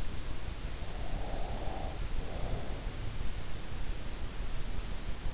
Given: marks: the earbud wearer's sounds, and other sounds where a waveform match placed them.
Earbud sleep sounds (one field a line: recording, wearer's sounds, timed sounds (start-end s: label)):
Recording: sounds in sleep by an in-ear microphone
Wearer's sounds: breath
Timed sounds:
0.86-3.12 s: breath